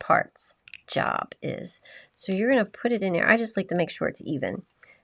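Someone talks while evening a fabric strip in the guides of a Clover plastic fabric tube maker, with the smaller piece about to be pushed into the larger half. A couple of faint, brief handling ticks near 4.8 s and 5.1 s are heard under the speech. Nothing has seated or clicked yet by the end of the clip.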